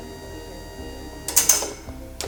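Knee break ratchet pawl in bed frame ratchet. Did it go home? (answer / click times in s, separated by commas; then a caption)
yes / 1.4 s, 1.5 s. On a Pro Bario bed with a Fowler ratchet system, the knee break is moved through to the next ratchet position, and the pawl clicks into the bed frame ratchet with sharp clicks at 1.4 and 1.5 seconds over a steady low hum, with another brief knock at 2.2 seconds. The knee break ratchet engages the next notch and seats at minus 12 degrees.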